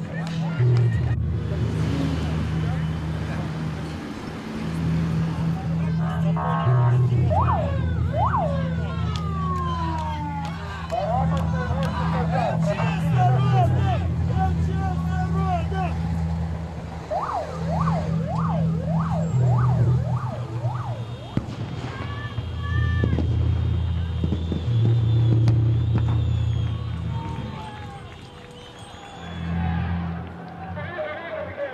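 Recorded at ongoing protests in Belarus: a constant low rumble of engines runs under a crowd, with voices chattering and calling throughout. Rising and falling whistles or sirens sound between about 7 and 22 seconds, and the din eases briefly near 29 seconds.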